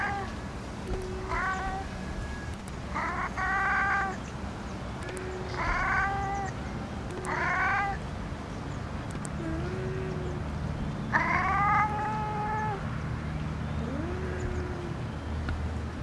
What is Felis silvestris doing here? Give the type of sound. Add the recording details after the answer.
call. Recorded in captivity. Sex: male. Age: adult. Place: Tierpark Berlin, Berlin, DE. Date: 1980-09-06 10:32. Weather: overcast, 16-19°C, gusty winds. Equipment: Nagra, Kopie Uher 4200. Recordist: Tembrock, Günter. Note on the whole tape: Männchen: Laute am Gitter auf Beobachter bezogen (z.T. durch Maunzer des Beobachters ausgelöst). Abstand: 0,5 m